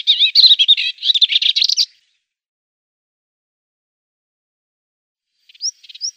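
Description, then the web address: Melodious warbler giving a brief burst of hurried, jumbled chattering notes, followed by a long silence and two short rising chirps at the end. "Schulze Peter Melodious Warbler song"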